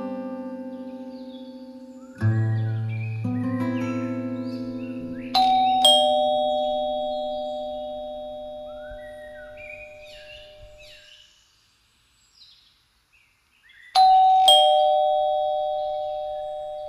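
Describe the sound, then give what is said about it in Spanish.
A doorbell at a light oak front door at the top of a flight of steps chimes in a series of ringing tones, then gives a clear two-note ding-dong that slowly fades. After a short quiet gap, the ding-dong rings once more. No one speaks. “Bajé del coche, subí rápidamente la escalinata y llamé al timbre.”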